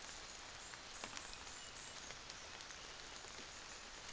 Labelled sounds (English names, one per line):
New Zealand Fantail